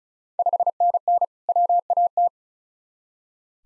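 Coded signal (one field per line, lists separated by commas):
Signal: Morse code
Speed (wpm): 36 wpm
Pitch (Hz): 700 Hz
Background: none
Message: 5NN WAT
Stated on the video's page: Morse practice of Ontario QSO Party contest exchanges at 35 wpm, each sent, spoken, then sent again for head-copy.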